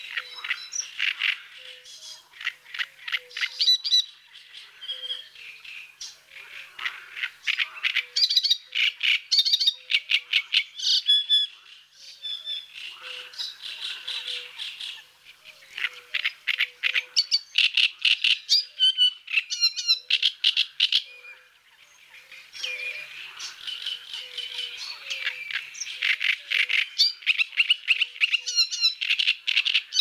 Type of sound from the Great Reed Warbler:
song